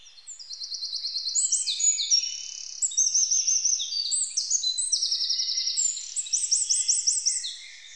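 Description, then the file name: Eurasian wren song: fast high trills and rattling phrases in an almost continuous run. "Troglodytes troglodytes"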